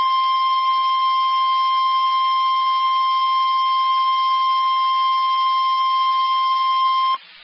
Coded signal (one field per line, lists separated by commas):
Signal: Emergency Alert System (SAME) tones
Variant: 1050 Hz attention tone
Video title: NOAA Weather Radio - Severe Thunderstorm Warning [EAS #178] (6/1/22)